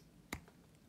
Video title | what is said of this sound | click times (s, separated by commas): Beast X-Men Marvel Legends Caliban BAF Wave Action Figure Review | what you're gonna do is grab his thighs and pull them down and you should hear it click | 0.3 s